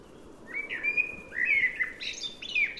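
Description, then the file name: Common blackbird song: drawn-out fluting whistles rise into a rapid, high-pitched twittering flourish. "Turdus merula"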